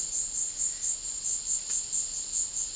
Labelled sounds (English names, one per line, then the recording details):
none
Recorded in dense forest near Puerto Asís, Putumayo, Colombia, on 19 February 2024 at 14:30
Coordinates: 0.500, -76.322
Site G6465